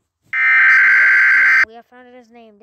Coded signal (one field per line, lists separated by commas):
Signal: Emergency Alert System (SAME) tones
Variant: header bursts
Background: speech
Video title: DENNIS THE KILLER EAS